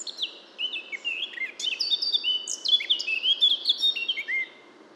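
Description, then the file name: Eurasian blackcap singing a rich, fast warble of varied whistled and scratchy notes that rises in loudness through the middle of the phrase, then stops. "Sylvia atricapilla"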